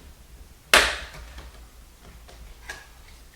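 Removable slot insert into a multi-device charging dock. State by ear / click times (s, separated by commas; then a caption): seated / 0.7 s. A removable slot insert is pushed into a Griffin PowerDock 5 multi-device charging dock and snaps into place with a single loud, sharp click at 0.7 s, which fades quickly. A much fainter tick follows at 2.7 s over a low, steady background hum. The insert is seated.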